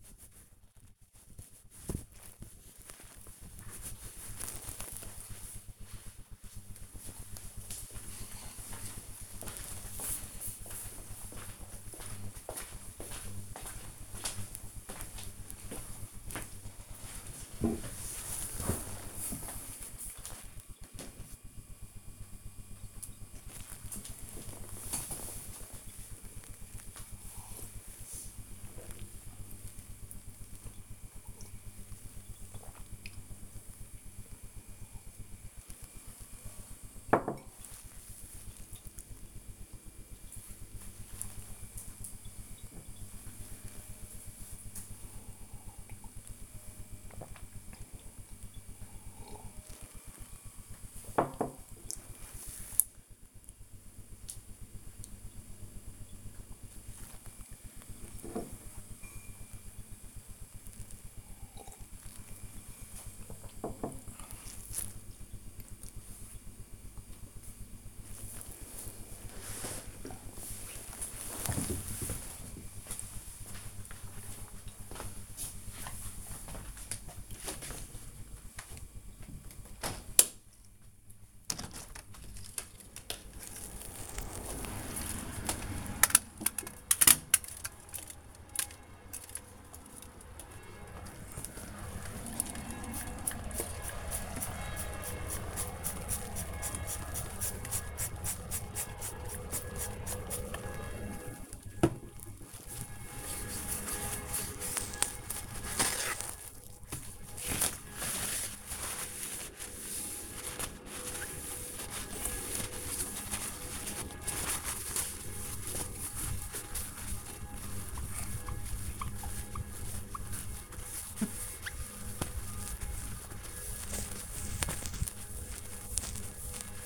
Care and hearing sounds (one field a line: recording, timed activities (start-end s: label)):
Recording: household activities, microphone on the right wrist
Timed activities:
0.00-3.47 s: washing hands
22.62-66.99 s: drinking
79.08-126.86 s: window cleaning